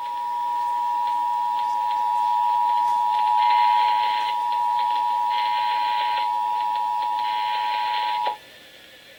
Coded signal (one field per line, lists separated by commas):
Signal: Emergency Alert System (SAME) tones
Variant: 853 and 960 Hz attention tone